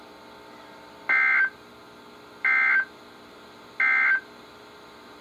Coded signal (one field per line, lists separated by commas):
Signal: Emergency Alert System (SAME) tones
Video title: EAS #1072-#1080: The Winter Hazards are Getting old now | KHB36, WXM42, & KEC83